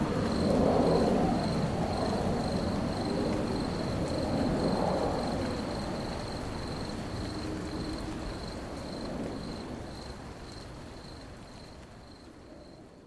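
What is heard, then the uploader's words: A night in the countryside, with an insect holding a steady, high, slightly pulsing chirp throughout. Beneath it a low, rough rumble, like a passing vehicle, is strongest early on and slowly fades away, leaving the quiet insect call. A night in the countryside.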